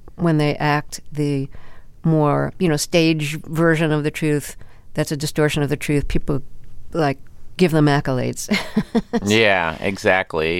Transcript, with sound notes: When they act the more, you know, stage version of the truth that's a distortion of the truth, people, like, give them accolades (laughter)
Yeah, exactly.